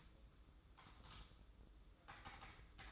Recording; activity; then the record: daily activity, microphone in the room; typing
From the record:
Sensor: 3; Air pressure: 995.3 hPa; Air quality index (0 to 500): 78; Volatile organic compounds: 6 ppm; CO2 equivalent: 1845 ppm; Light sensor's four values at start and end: 20/60/25/23 and 20/60/25/23